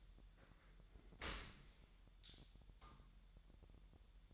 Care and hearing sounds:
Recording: daily activity, microphone in the room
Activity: open dishwasher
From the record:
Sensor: 3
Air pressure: 1000.4 hPa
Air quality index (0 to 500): 248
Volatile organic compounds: 173 ppm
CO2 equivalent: 4116 ppm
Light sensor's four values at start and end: 10/24/10/10 and 10/24/10/10

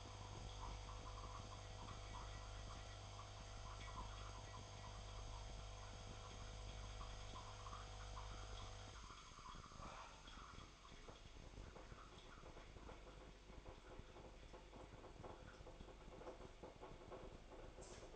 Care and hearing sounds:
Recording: daily activity, microphone in the room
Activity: make coffee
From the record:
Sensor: 5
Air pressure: 1004.3 hPa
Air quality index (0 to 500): 171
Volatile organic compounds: 4 ppm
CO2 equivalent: 1603 ppm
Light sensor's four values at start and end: 35/113/42/42 and 35/112/42/42

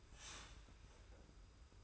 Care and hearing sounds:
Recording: daily activity, microphone in the room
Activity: start toaster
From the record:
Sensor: 2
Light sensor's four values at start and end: 33/98/38/37 and 33/98/38/37

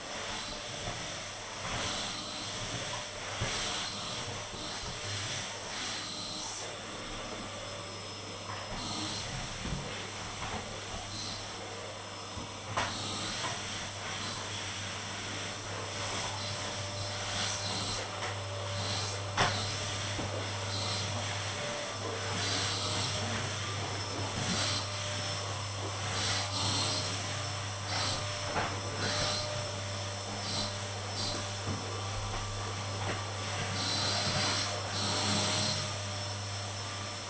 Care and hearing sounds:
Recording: daily activity, microphone in the room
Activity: vacuum cleaning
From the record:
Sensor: 4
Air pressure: 989.5 hPa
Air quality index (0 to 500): 216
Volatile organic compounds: 67 ppm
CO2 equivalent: 3493 ppm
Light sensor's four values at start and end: 25/88/32/34 and 25/90/33/35

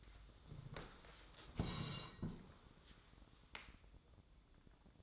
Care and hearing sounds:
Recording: daily activity, microphone in the room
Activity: sit down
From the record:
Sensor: 3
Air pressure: 1005.1 hPa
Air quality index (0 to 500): 93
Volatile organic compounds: 3 ppm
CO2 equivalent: 1452 ppm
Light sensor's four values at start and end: 9/21/9/9 and 10/22/9/9

